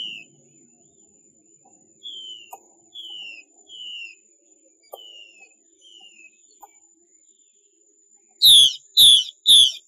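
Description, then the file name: Chinese hwamei song: several soft descending whistles, then three loud, rich, harsh notes in quick succession at the end. Female bird giving 'xuy' calls. "Tieng chim hoa mi mai xuy"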